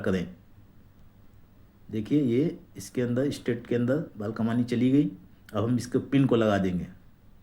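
A small locking pin is being fitted into the hairspring stud of an HMT watch balance while someone talks throughout. Nothing has seated or clicked yet, and the clip ends before the pin goes home.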